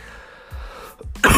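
Two soft throat-clearing sounds lead into a single loud, harsh cough burst. It is a lingering cough that is still being gotten over, heard in a quiet small room.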